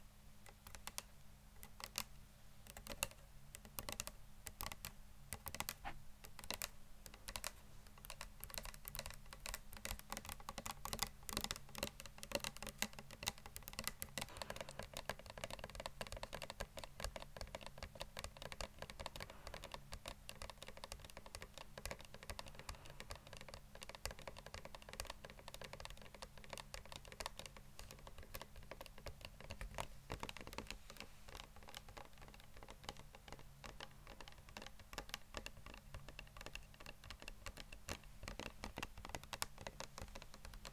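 Tapping on what sounds like a computer keyboard, a rapid run of light clicks that continues for the whole clip. The taps start somewhat sparse and grow denser and steadier after about fourteen seconds, over a faint low hum.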